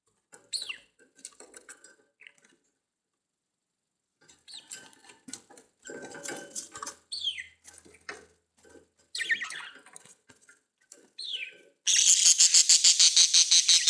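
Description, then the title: Budgerigar calls: scattered chirps and warbled notes with quiet gaps, ending in a loud, fast buzzy chatter repeated in rapid pulses. "Budgie Sounds"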